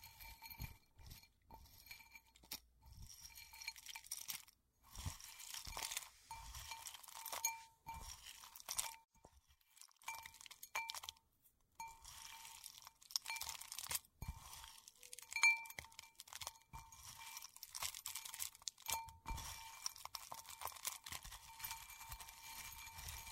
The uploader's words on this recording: 割肥皂｜Carving Soap.